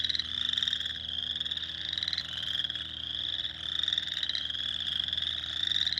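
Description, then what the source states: Spring peepers, a loud shrill chorus of upward-sliding peeps pulsing in waves roughly every two seconds. Recorded on 2021-04-06.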